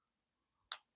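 A component of a JIN Rhino DIY folding knife kit is pressed onto the knife assembly after an earlier try did not hold. After a quiet stretch, a single sharp snap is heard at 0.7 s. The part is now seated securely.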